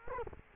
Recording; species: mosquito wingbeat signal from an infrared sensor; Culex quinquefasciatus